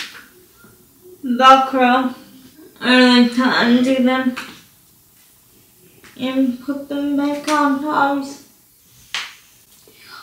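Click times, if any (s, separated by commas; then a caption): 9.1 s. Someone talks while redoing a pair of Liz Claiborne adaptive pants, closing the snap fastener on the waistband. A short, sharp snap sounds at 9.1 s as the fastener snaps shut and seats closed.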